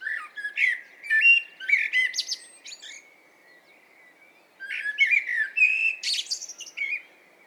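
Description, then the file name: Common blackbird delivering two rich warbled song phrases, each finishing with shrill, squeaky high notes, separated by a pause. "Turdus merula"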